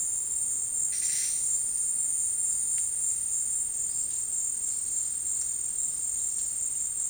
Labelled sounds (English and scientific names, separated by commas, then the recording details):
none
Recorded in dense forest near Puerto Asís, Putumayo, Colombia, on 20 February 2024 at 12:00
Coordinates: 0.472, -76.329
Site G6394